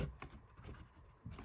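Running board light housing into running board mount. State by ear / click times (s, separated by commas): seated / 0.2 s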